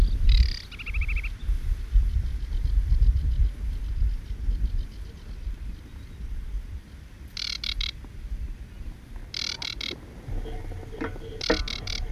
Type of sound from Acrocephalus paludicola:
song